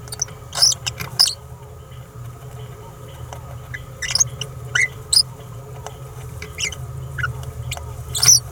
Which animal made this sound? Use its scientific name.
Forpus passerinus